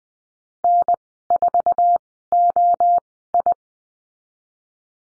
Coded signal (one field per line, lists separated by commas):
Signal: Morse code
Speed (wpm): 19 wpm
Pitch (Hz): 700 Hz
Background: none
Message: N4OI